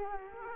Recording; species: mosquito wingbeat signal from an infrared sensor; Culex quinquefasciatus